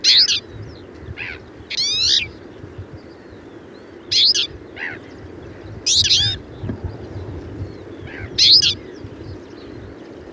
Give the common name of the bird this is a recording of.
Twite